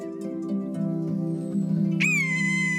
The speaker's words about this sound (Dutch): Onze buurtbuizerd heeft een partner en maakt ook al mooie baltsvluchten. En zijn miauwen is steeds te horen.